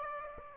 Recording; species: mosquito wingbeat signal from an infrared sensor; Aedes aegypti